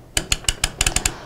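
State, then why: Torque reached. The female thread on the pinion of a lever hoist is rotated to tighten the load brake, and the freewheel pawl makes a repeated sharp metallic clicking. Clicks are heard at 0.2, 0.3, 0.5, 0.6, 0.8 and 1.1 seconds, with further ratchet clicks in between. The brake is confirmed tightened by the clicking.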